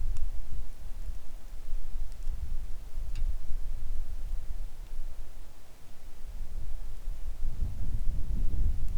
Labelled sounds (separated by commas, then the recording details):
wind, rain
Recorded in the Arctic National Wildlife Refuge, Alaska, on 3 August 2019 at 10:30
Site 41